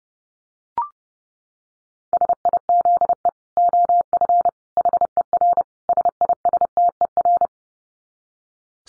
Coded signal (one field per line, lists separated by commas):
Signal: Morse code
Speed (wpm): 30 wpm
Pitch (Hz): 700 Hz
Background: none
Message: SIZE OF HER SISTER